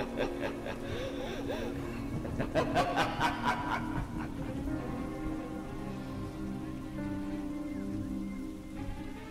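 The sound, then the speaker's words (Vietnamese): Heavy rain pours down in a dense, steady hiss across the whole stretch, with a brief burst of louder, rhythmic rattling early on before settling back into an even downpour. “lẫn trong tiếng sấm chớp, trong tiếng mưa là tiếng cái thứ quái quỷ ấy nó đang cười.”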